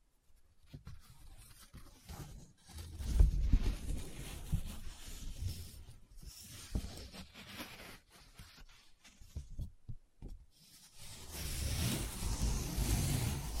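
Paper being handled up close: bursts of rubbing, crinkling and scratching come and go in uneven waves, with a louder crumpling stretch around three to five seconds. Short pauses break the sound near two, six and ten seconds, then steady rubbing builds toward the end.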